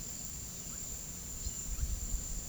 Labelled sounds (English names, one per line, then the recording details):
Russet-backed Oropendola
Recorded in pastures near Puerto Asís, Putumayo, Colombia, on 21 February 2024 at 08:00
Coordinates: 0.486, -76.323
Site G6462